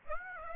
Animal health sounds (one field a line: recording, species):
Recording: mosquito wingbeat signal from an infrared sensor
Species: Aedes aegypti